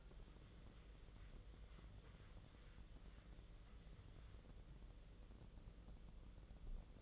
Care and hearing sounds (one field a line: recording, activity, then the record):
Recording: daily activity, microphone in the room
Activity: wipe stove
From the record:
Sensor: 4